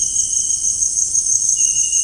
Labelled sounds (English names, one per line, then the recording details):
none
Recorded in dense forest near Puerto Asís, Putumayo, Colombia, on 22 June 2025 at 18:00
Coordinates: 0.481, -76.323
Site G072